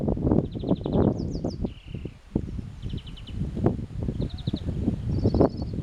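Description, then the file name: European greenfinch calls: quick twittering trills and one flat buzzy note, scattered throughout, with a few higher notes and constant low wind and rustle underneath. "Chloris chloris"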